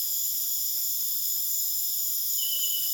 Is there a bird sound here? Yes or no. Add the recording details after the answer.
no. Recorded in dense forest near Puerto Asís, Putumayo, Colombia, on 29 June 2025 at 21:30. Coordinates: 0.484, -76.325. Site H65